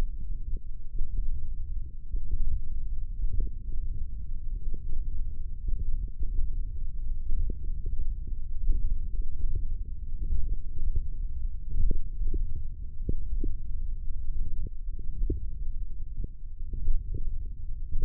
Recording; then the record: forearm muscle sounds (acoustic myography)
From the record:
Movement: hook grip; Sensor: system 1, eight BSWA MPA416 microphones around the upper forearm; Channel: 6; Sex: male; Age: 20 years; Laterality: left